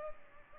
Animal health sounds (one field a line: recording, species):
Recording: mosquito wingbeat signal from an infrared sensor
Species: Culex pipiens